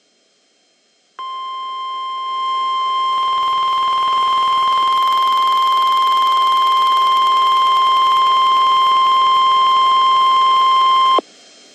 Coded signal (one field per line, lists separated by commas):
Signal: Emergency Alert System (SAME) tones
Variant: 1050 Hz attention tone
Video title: Severe Thunderstorm Warning (EAS #307)